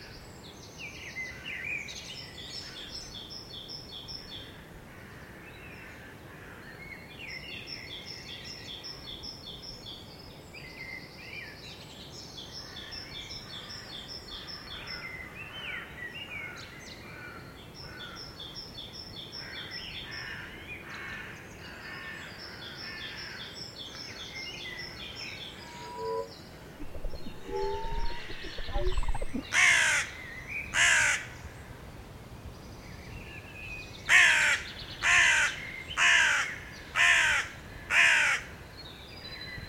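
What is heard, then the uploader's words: Birdsong in a city park: repeated bright, rapid trilling phrases from small birds run through the first half over a steady low hum of traffic. From about 28 seconds, loud, harsh calls burst in, a series of sharp crow-like caws around 30 and 34–38 seconds. Birdsong. Recorded at London Fields between 04:00 and 04:30.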